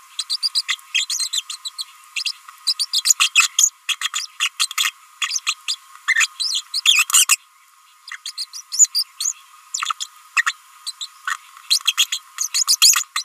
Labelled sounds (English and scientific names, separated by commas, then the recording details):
Green-rumped Parrotlet (Forpus passerinus) babbling
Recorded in a nest box in Venezuela
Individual 18B25A5